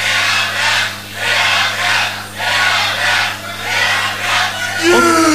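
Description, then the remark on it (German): A large crowd at an FM4 event chants the name Herbert over and over in a steady, loud rhythm, roughly six shouted repetitions about a second apart, with a low electrical hum underneath and a voice starting at the end. “Und wissen Sie, warum Sie Herbert schreien?”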